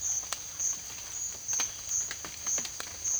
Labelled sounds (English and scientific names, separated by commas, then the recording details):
none
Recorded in secondary vegetation near Puerto Asís, Putumayo, Colombia, on 29 June 2025 at 14:00
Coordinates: 0.498, -76.327
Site GP09